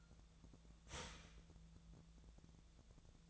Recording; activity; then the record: daily activity, microphone in the room; start toaster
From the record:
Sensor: 3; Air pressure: 1000.3 hPa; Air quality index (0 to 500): 155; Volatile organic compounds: 3 ppm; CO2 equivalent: 1372 ppm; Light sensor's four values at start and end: 37/95/40/43 and 37/95/40/43